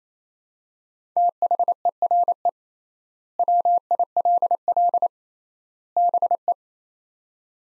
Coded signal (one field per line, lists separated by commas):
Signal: Morse code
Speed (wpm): 28 wpm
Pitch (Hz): 700 Hz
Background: none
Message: THERE WILL BE